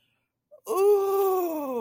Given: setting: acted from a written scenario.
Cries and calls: vocal sound without words; ecstasy

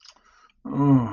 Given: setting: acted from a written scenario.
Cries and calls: vocal sound without words; guilt

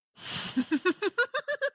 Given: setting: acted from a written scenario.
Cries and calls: vocal sound without words; amusement

